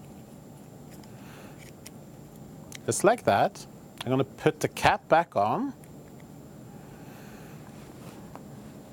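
While wiring a pendant lamp, someone talks as they handle the cap to push it back onto the lamp socket, with faint handling ticks in a quiet background. The cap has not snapped or seated yet.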